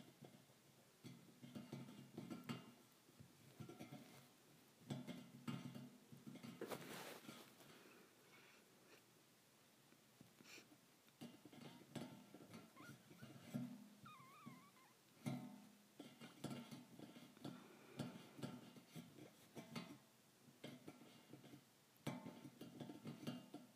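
Thin metal bars tapped in quick irregular bursts with short bright clinks, a louder strike near seven seconds and brief pauses between flurries.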